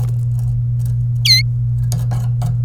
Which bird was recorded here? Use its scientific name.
Serinus canaria